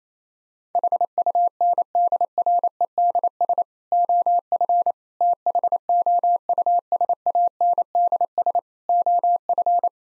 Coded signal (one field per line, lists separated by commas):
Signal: Morse code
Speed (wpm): 28 wpm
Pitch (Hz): 700 Hz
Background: none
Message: HUNDREDS OF THOUSANDS OF